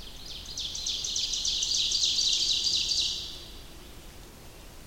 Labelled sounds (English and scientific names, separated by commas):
Ovenbird (Seiurus aurocapilla) song